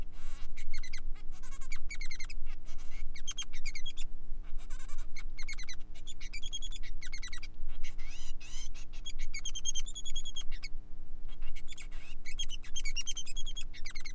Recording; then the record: song of a male Bengalese finch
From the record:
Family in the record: son of father 3